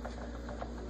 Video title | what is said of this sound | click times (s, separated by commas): Bzzagent draftmark tutorial | oh it's locked okay | 0.6 s